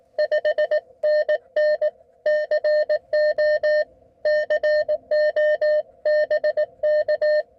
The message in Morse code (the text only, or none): 5NN CO CO BK